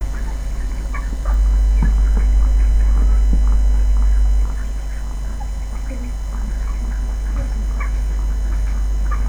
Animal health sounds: poultry house recording; healthy chickens

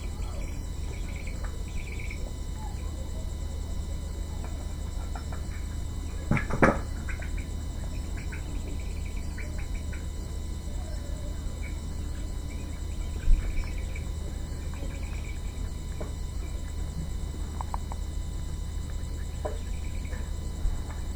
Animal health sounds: poultry house recording; healthy chickens

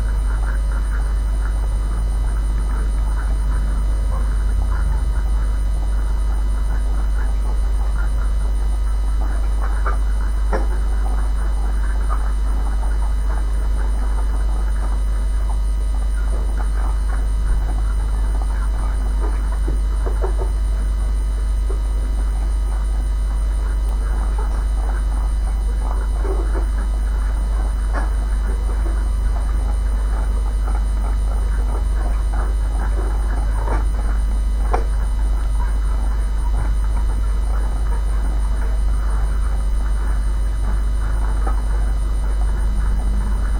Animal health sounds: poultry house recording; sick chickens (respiratory disease)

